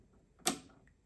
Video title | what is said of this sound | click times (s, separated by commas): Let's Make Money with the Cricut Venture! - Gift Tags. Super Easy Tutorial | you hear that snap it'll snap right in there and then you close it | 0.5 s